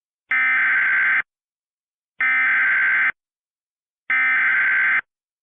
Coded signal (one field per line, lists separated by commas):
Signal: Emergency Alert System (SAME) tones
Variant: header bursts